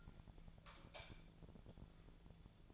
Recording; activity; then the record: daily activity, microphone in the room; light off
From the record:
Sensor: 5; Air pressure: 1000.2 hPa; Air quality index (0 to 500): 99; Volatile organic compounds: 1 ppm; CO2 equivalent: 804 ppm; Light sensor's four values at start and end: 205/489/208/230 and 204/485/207/228